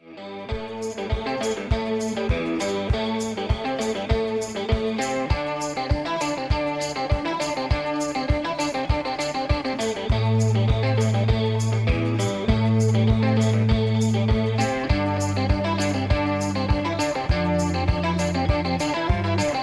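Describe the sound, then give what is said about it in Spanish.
A short radio station jingle plays on its own: steady rhythmic music with punchy beats, a heavily processed, distorted tone, and a deep bass line that grows louder partway through. No one speaks. “Vamos ahí a una cortinita y vamos en contacto con la movilización por el agua con nuestro móvil en vivo.”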